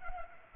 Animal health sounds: mosquito wingbeat signal from an infrared sensor; Culex pipiens

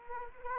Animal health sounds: mosquito wingbeat signal from an infrared sensor; Anopheles arabiensis

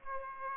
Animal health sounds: mosquito wingbeat signal from an infrared sensor; Aedes aegypti

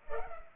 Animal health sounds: mosquito wingbeat signal from an infrared sensor; Culex pipiens

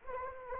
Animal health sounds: mosquito wingbeat signal from an infrared sensor; Anopheles arabiensis

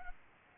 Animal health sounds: mosquito wingbeat signal from an infrared sensor; Aedes albopictus

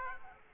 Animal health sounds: mosquito wingbeat signal from an infrared sensor; Aedes aegypti

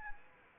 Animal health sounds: mosquito wingbeat signal from an infrared sensor; Anopheles arabiensis

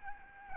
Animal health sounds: mosquito wingbeat signal from an infrared sensor; Aedes albopictus

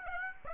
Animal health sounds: mosquito wingbeat signal from an infrared sensor; Aedes aegypti

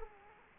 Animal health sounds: mosquito wingbeat signal from an infrared sensor; Culex quinquefasciatus

